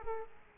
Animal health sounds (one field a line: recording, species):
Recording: mosquito wingbeat signal from an infrared sensor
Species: Culex quinquefasciatus